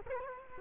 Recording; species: mosquito wingbeat signal from an infrared sensor; Culex quinquefasciatus